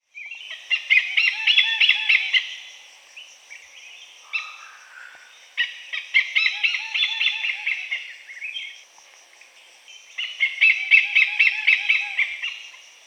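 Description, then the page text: Oriental pied hornbill cackling in three loud bursts of rapid, harsh chattering notes, separated by brief quieter pauses. "Oriental Pied Hornbill Call. Quick Sounds library"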